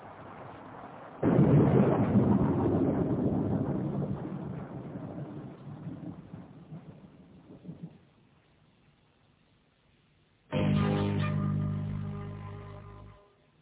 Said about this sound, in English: It was 10 o'clock, and it was raining. I hate the rain.